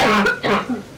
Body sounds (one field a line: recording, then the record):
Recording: coughing mixed with background sound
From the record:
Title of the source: Barking cough - # 10